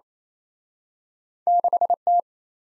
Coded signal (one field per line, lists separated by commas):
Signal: Morse code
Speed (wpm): 38 wpm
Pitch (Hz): 700 Hz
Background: none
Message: 6T